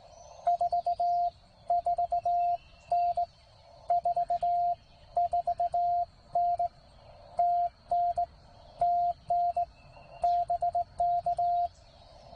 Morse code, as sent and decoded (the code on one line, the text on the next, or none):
....- ....- -. / ....- ....- -. / - -. / - -. / -... -.-
44N 44N TN TN BK